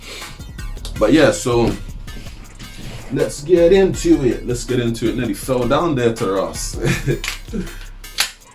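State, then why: Seated. Someone talks for most of the clip while a Raven 48-round gas blowback magazine is pushed into the grip of an airsoft pistol fitted with a Roni CAA G1 kit. A sharp click at 8.2 s marks the magazine seating home. Once it clicks, the gun can be held upside down and the magazine stays in.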